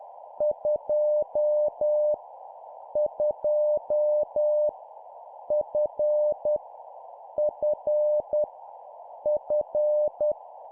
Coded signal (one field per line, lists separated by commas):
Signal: Morse code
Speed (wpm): 10 wpm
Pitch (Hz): 600 Hz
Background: none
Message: 2 2 F F F